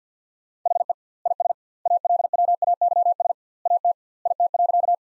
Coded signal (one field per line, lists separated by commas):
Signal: Morse code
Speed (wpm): 50 wpm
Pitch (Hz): 700 Hz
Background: none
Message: HE IS ALWAYS AT IT.